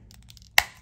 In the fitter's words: it's locked and clicked in place like that